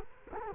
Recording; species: mosquito wingbeat signal from an infrared sensor; Culex quinquefasciatus